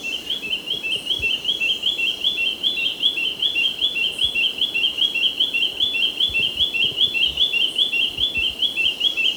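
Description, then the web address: Olivaceous greenlet giving a long, unbroken stream of quick, regularly spaced slurred notes, continuing throughout. Recorded in Ecuador. "Birds of Ecuador. Olivaceous Greenlet"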